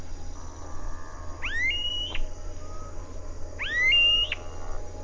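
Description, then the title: Smooth-billed ani calling twice, each note a slurred upward whine ending in a flat, squeaky hold, over a constant background hum. "LuckyPassaro Completos2Sama. Smooth-billed Ani (Crotophaga ani)"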